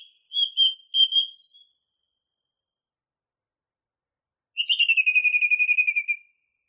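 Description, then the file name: Song thrush song: a couple of clear whistled notes, then after a pause a fast, evenly repeated dry trill lasting about a second and a half. Masteran recording used for training songbirds. "suara masteran songthrush"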